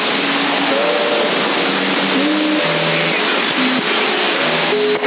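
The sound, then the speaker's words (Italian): Steady, loud CB radio static hiss fills the whole stretch, before the squelch is set, with faint steady whistling signal tones drifting in and out, some rising and falling in pitch. No voices are heard. Recorded in Sassari, June 2021. “ogni tanto salgono questa specie di segnali. Oggi c'è il bellame forte. E infatti ho dovuto mettere lo squelci almeno più di 3/4, dai.”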